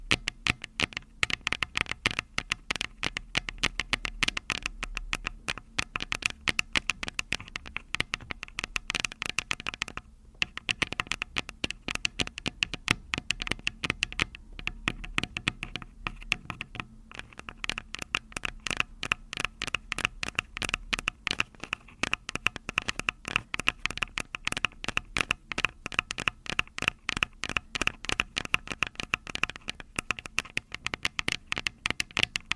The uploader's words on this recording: ASMR Tapping on Tascam (No Talking).